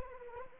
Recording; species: mosquito wingbeat signal from an infrared sensor; Anopheles arabiensis